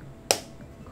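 The hinged lid of a plastic MAC powder compact with a window is closed. It latches shut with a single sharp, bright click at 0.3 s over a quiet background, and the lid is seated.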